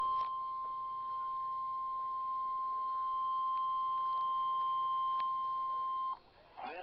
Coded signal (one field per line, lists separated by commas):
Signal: Emergency Alert System (SAME) tones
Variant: 1050 Hz attention tone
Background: speech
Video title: Required weekly test 11/6/19 St. Louis Missouri [EAS #139]